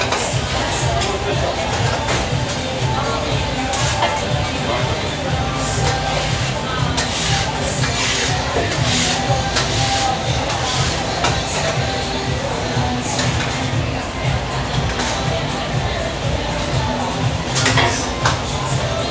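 A restaurant kitchen at Sunday breakfast in Phoenix, Arizona, with a steady din of overlapping voices. Frequent short clinks and clatters of dishes and utensils punctuate it throughout, and a constant low rumble and hiss run underneath at an even level.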